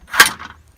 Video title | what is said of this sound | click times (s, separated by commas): Forest River Viking 16FB - Extending the awning | it locks right into place there | 0.2 s